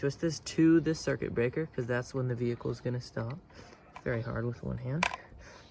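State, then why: Not seated. Someone talks while lifting a wooden model electric vehicle one-handed and twisting its threaded stop mechanism toward the circuit breaker, which sets the vehicle's stop point. The clip is mostly speech with light handling noise and a brief sharp sound at the very end. Nothing has seated or clicked yet.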